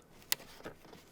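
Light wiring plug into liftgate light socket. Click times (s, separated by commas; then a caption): 0.3 s. A tail light wiring plug is pushed back into its liftgate light socket on a Model 3 during a Hansshow V6 power trunk install. A sharp, bright click at 0.3 s shows the plug seating, followed by a softer thud around 0.7 s. The connector is seated and the lights come on.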